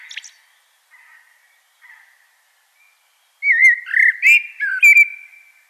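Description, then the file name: Common blackbird song: a few soft notes, then a loud, rich warbled phrase of fluting whistles with high twittery notes mixed in. "Turdus merula"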